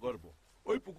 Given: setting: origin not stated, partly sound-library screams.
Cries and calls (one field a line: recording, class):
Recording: one-second piece from a danger detection set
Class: normal situation